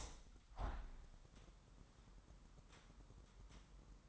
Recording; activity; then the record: daily activity, microphone in the room; open window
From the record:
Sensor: 3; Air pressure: 998.6 hPa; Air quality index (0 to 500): 150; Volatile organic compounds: 5 ppm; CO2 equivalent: 1804 ppm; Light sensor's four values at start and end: 11/26/11/11 and 11/26/11/12